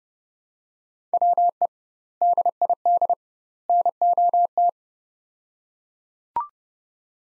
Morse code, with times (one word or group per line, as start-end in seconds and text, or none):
1.1-1.7 WE
2.2-3.1 DID
3.7-4.7 NOT